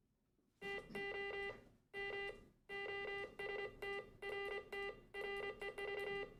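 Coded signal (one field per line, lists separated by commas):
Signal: Morse code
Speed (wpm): 26 wpm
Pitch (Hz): 2000 Hz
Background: none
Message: TO MOST RT REV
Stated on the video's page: Amateur radio re-creation of the first wireless transmission over land, between two university-area club stations.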